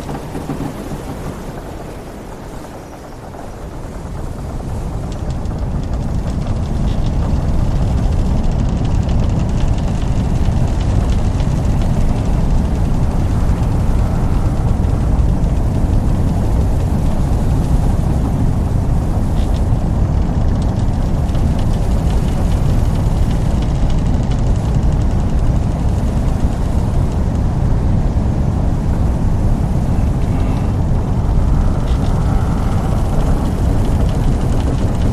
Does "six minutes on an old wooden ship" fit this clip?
yes